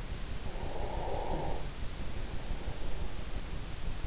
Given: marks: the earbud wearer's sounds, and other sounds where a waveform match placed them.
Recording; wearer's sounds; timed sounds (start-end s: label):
sounds in sleep by an in-ear microphone; breath
0.31-3.11 s: breath